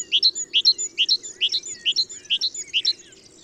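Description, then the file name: Great tit, continuous fast series of high piercing paired notes, evenly repeated throughout. "Parus major"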